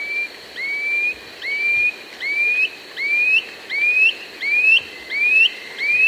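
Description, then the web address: Gray Antwren singing a steady run of upslurred whistles, roughly one every 0.7 seconds. South America. "Natures Songs S America Gray Antwren"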